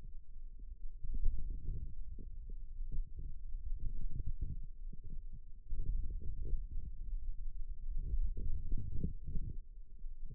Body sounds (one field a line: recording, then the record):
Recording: forearm muscle sounds (acoustic myography)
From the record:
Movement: radial deviation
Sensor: system 2, bracelet of six BSWA MPA416 microphones around the upper forearm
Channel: 4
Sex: male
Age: 22 years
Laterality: right